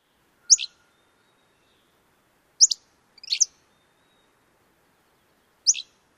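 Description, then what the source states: Hammond's Flycatcher song: four short, sharp high phrases at uneven intervals, the third one broader and rougher. Full song in three parts; last part burry, going down at the end rather than rising.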